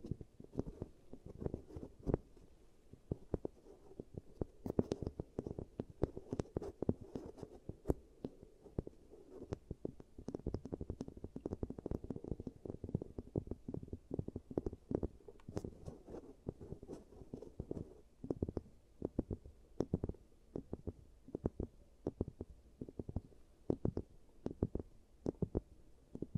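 Sounds from a giant teeth treatment, fixing cavities: a dense, irregular stream of soft clicks, taps and scraping that never lets up for the whole clip. The tone is low and muffled, with sharper snaps standing out now and then, around 5, 8 and 10 seconds.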